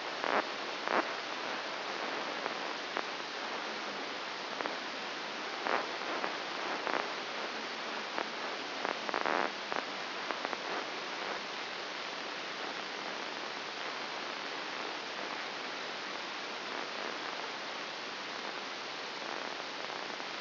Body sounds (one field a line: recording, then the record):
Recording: brain microelectrode recording played as sound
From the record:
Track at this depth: outside the subthalamic nucleus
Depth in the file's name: 6.101 mm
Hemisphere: left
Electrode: 2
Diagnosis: Parkinson's disease